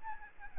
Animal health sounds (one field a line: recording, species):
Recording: mosquito wingbeat signal from an infrared sensor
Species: Aedes albopictus